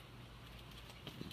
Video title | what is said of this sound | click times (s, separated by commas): Tutorial On How To Re-Place and Re-Move SSI Schaefer New Style Wheels. (Roll Out trash Cart) | until you hear a click | 1.1 s